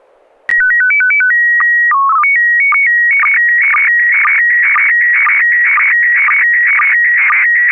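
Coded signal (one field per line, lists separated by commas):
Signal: SSTV (slow-scan television)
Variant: PD 120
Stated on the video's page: Heard on an SSTV net on a 441.300 MHz FM repeater, images sent with MMSSTV software.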